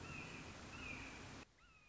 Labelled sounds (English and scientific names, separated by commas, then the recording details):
Red-shouldered Hawk (Buteo lineatus)
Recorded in Sonoma County, California